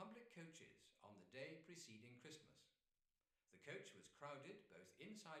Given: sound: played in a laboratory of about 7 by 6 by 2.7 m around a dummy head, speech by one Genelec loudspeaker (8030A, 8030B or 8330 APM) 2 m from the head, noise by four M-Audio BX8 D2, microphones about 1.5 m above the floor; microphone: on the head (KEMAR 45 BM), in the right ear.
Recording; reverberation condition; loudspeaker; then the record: male speech in English; medium; 90 degrees to the right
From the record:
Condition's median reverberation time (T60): about 510 ms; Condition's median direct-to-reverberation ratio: about -0.5 dB